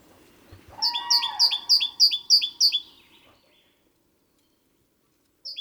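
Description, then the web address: Great tit calling, a rapid run of about seven two-note phrases, high then slightly lower, each roughly a third of a second apart, over a lower buzzy sound. "SETE data Parus major"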